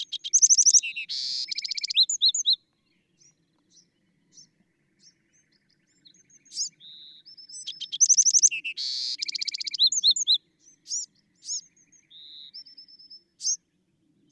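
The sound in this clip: Bewick's wren song: two loud phrases of buzzy notes and fast trills, with soft high chips and whistles between them.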